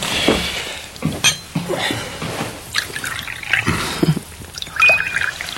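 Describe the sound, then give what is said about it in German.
Liquid trickles and splashes in uneven bursts, with a few faint clinks of glass, like wine being poured into a glass for several seconds. “Wollen Sie ein Glas Wein?”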